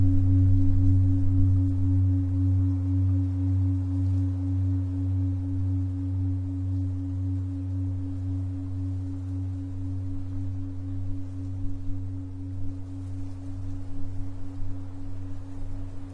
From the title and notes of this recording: 136.1 Hz - Calm and soothing, deep relaxation (wear headphones).